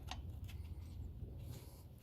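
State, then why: Not seated. During a valve cover replacement on a 2010 Chevy Traverse, a harness or connector clip is being slid back down toward its mount near the valve cover. A brief sharp handling noise at 0.1 s stands out over a steady low rumble. Nothing has seated or clicked yet.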